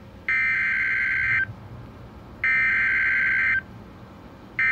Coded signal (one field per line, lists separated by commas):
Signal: Emergency Alert System (SAME) tones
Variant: header bursts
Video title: EAS #962: Severe Thunderstorm Warning (4/15/2019)